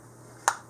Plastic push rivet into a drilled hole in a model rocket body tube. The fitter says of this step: There we go, till it snaps into place.